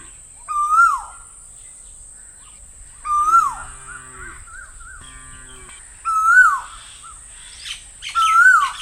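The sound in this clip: Bird giving loud whistled notes that rise then drop away, four calls a few seconds apart, with a low, drawn-out harmonic moan between the second and third.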